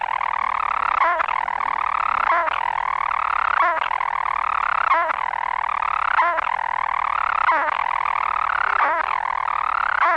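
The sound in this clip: European storm petrel giving a sustained, vibrating purr interrupted at regular intervals of just over a second by brief hiccuping breaks.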